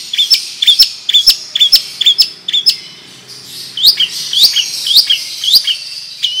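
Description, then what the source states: Long-tailed shrike song: high doubled chirps repeat steadily, then shift into a string of rising whistled notes. Song style called 'ngerol panjang' (long roll); bird described as 'gacor', singing actively.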